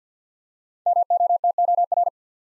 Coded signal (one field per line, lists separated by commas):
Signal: Morse code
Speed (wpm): 52 wpm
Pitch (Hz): 700 Hz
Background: none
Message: MOTOR